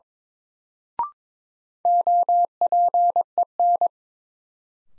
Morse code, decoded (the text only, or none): OPEN